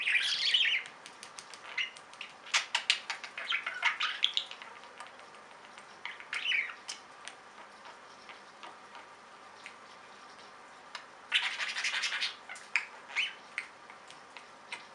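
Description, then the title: Budgerigar chatter with rapid clicking chirps early, a quiet middle stretch of scattered ticks, and a dense scratchy burst around eleven to twelve seconds. "Budgie Sounds"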